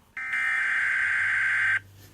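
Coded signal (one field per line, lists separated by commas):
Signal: Emergency Alert System (SAME) tones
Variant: header bursts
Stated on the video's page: Fictional EAS scenario animation, not a real alert.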